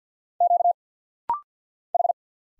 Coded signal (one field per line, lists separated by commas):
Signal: Morse code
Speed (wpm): 50 wpm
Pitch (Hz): 700 Hz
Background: none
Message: Q H